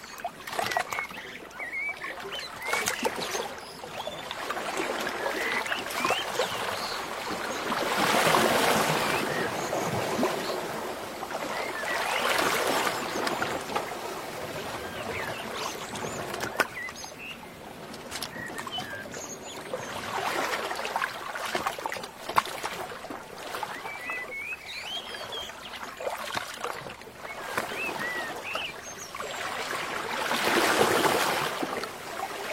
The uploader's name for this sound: The river and the sound of nature are in perfect harmony